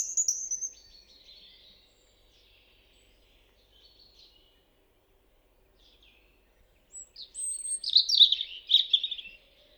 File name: Erithacus rubecula